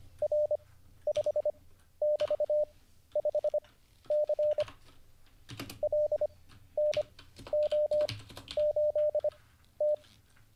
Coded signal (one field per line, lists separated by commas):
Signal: Morse code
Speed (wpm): 25 wpm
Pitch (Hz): 600 Hz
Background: none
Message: R5<BT>5C LNO8T